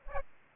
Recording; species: mosquito wingbeat signal from an infrared sensor; Aedes aegypti